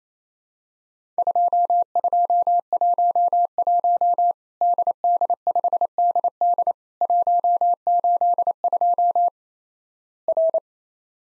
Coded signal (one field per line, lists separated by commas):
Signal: Morse code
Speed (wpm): 28 wpm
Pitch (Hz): 700 Hz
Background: none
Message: 2211 DD5DD 182 R